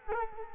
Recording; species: mosquito wingbeat signal from an infrared sensor; Culex quinquefasciatus